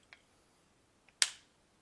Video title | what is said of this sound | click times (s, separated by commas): Gift Ideas For Guys and Anyone Who Loves the Outdoors, Prepping and Survival | snaps into place it's pretty nice right so | 1.2 s